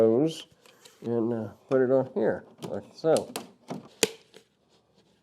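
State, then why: Seated. A plastic exhaust hose connector is fitted onto the back of a portable air conditioner housing while someone talks. One sharp snap is heard at 4.0 seconds as the connector seats onto the unit.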